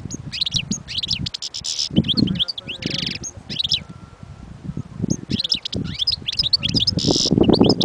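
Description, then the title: European goldfinch twittering in two long runs of quick chirps and buzzy notes, separated by a short lull, with low rumbling background sounds throughout. Wild bird. "اجمل غناءالحسون الخلويchant chardonneret sauvage collection"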